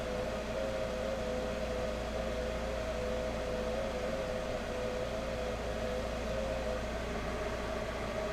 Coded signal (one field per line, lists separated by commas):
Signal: FT8